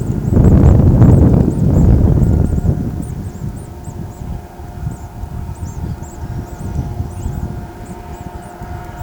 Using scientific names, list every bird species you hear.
Tyrannus melancholicus